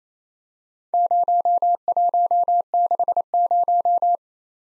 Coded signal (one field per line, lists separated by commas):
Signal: Morse code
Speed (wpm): 29 wpm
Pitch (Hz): 700 Hz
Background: none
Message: 0160